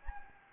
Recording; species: mosquito wingbeat signal from an infrared sensor; Anopheles gambiae